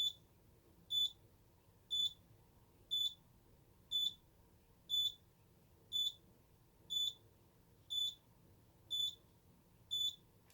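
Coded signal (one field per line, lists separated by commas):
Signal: alarm pattern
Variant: Simplex security keypad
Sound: steady slow high-pitched beeps, about one per second, ten in total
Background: low room hum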